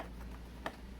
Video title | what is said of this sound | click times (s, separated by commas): 2006-2016 Impala/Limited (9th Gen) AUTOSAVER88 Headlights Installation and Review | Yeah, she snaps right in. | 0.7 s